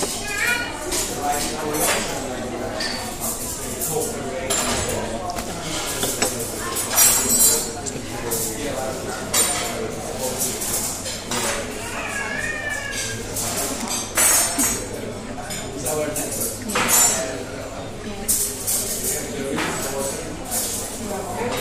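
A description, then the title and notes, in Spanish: Breakfast in a busy hotel dining room: a steady murmur of overlapping voices fills the space throughout. Frequent bright clinks of cutlery and dishes ring out, with occasional louder clatters. Sonidos del desayuno en un hotel de Palma de Mallorca. Zona Can Picafort (Islas Baleares). Son las diez de la mañana, un día de septiembre húmedo, donde los alemanes e ingleses (y algún español perdido como yo), degustan sus huevos revueltos.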